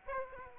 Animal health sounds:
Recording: mosquito wingbeat signal from an infrared sensor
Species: Aedes aegypti

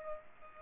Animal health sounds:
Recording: mosquito wingbeat signal from an infrared sensor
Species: Culex pipiens

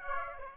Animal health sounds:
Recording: mosquito wingbeat signal from an infrared sensor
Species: Aedes aegypti

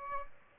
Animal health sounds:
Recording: mosquito wingbeat signal from an infrared sensor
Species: Aedes albopictus

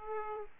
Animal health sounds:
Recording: mosquito wingbeat signal from an infrared sensor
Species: Aedes aegypti

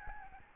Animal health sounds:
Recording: mosquito wingbeat signal from an infrared sensor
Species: Aedes albopictus

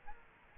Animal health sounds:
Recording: mosquito wingbeat signal from an infrared sensor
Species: Aedes albopictus

